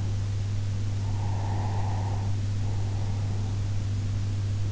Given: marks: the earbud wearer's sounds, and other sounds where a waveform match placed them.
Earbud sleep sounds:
sounds in sleep by an in-ear microphone; breath
0.88-3.76 s: breath

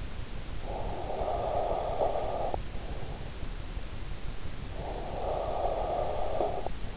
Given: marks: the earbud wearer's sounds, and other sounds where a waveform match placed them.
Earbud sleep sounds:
sounds in sleep by an in-ear microphone; breath
0.44-2.98 s: breath
4.53-6.97 s: breath

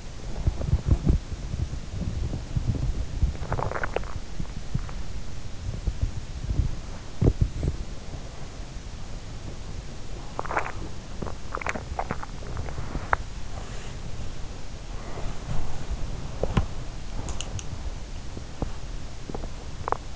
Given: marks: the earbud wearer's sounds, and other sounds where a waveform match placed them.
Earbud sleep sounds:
sounds in sleep by an in-ear microphone; body movement, teeth grinding, swallowing
0.00-20.16 s: body movement
3.26-4.26 s: teeth grinding
10.26-10.86 s: swallowing
11.45-13.26 s: teeth grinding
13.48-17.70 s: sound from someone else or the room
18.24-20.00 s: teeth grinding

